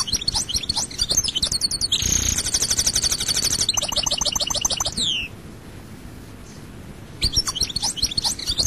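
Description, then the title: European goldfinch song: fast tinkling, twittering phrases with buzzy trilled passages and descending slurs, pausing briefly before resuming. "Chant Chardonneret"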